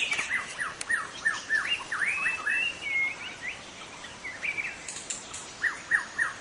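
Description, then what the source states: White-rumped shama song: a run of varied clear whistled phrases, some rising and some falling, coming in quick bursts, with faint high chirps and steady hiss behind. In forest.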